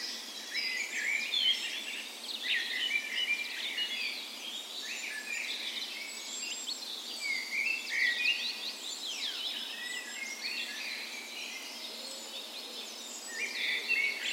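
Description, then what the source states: Birds in a dawn chorus, many overlapping high chirps, trills and whistled phrases sounding continuously from several singers at once. Spring dawn chorus in a park west in Bergen, Norway, morning of 17 May, Norway's National Day; Sony PCM A10 recorder with LOM micro Usi mics as tree ears.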